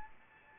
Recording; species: mosquito wingbeat signal from an infrared sensor; Anopheles arabiensis